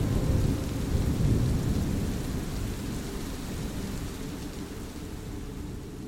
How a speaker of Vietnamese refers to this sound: Vài phút sau, những âm thanh kỳ lạ đều biến mất đi, chỉ còn tiếng gió rít hòa ca cùng tiếng sấm đì đùng trên không trung.